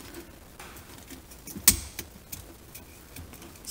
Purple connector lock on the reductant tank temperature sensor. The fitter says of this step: locked into place